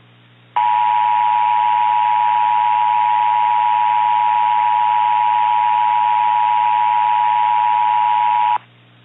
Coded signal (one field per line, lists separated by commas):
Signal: Emergency Alert System (SAME) tones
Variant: 853 and 960 Hz attention tone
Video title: NAILED IN- EAS SCENARIO/ANALOG HORROR